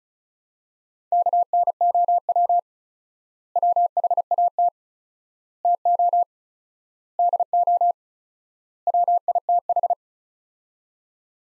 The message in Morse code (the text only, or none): KNOW WHAT TO DO WITH